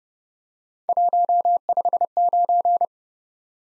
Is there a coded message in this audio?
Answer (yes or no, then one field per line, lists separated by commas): yes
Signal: Morse code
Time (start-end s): 0.9-2.8 s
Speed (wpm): 34 wpm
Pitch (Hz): 700 Hz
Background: none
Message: 159